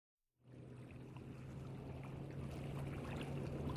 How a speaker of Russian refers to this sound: Катер скользил по проливу, и на траверзе впереди уже смутно маячила береговая линия серой зоны. Водометный двигатель работал почти бесшумно. Лишь звонкие удары волны в днище катера выдавали его движение.